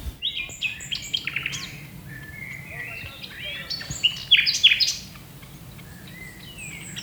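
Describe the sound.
Common nightingale song, a varied sequence of whistled notes and quick chirpy trills building to a loud rapid flourish, then falling quiet.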